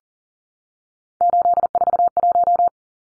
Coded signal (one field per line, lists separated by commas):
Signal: Morse code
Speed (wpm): 40 wpm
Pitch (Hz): 700 Hz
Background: none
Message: 841